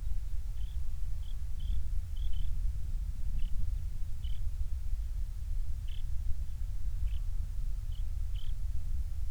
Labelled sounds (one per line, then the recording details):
songbird
wind
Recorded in the Prudhoe Bay oil fields, Alaska, on 28 July 2019 at 05:24
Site 25